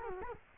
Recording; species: mosquito wingbeat signal from an infrared sensor; Culex quinquefasciatus